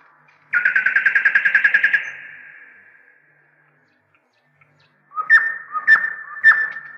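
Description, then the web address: Nightingale singing a fast, rich pulsed trill for over a second, then after a pause three sharp whip-like notes, each followed by a sustained whistle. "slowik spiew slowika"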